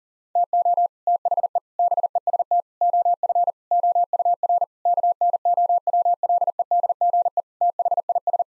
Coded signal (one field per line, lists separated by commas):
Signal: Morse code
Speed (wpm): 40 wpm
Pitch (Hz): 700 Hz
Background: none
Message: TO THE BEST OF OUR KNOWLEDGE THIS